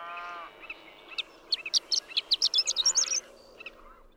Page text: Horned lark. Daytime "intermittent singing," a few stuttered notes that rise to a rapid, slurred flourish, with cattle. June 7, 2001. Marble Hot Springs Road, Sierra Valley, California.